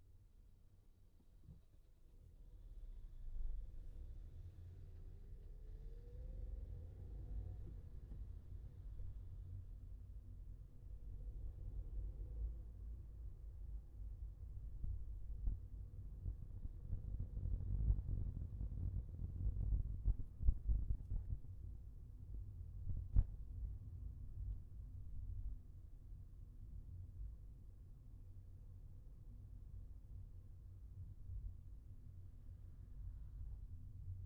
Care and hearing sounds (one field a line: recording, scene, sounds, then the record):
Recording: everyday scene through a hearing-aid microphone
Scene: in a vehicle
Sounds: engine, traffic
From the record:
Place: Skoda Fabia, gasoline engine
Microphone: behind the ear, left, front